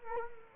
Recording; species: mosquito wingbeat signal from an infrared sensor; Culex quinquefasciatus